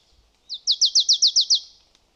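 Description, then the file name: Marsh tit calling, a quick rattle of eight downslurred notes lasting about one second, in a quiet background. "Poecile palustris"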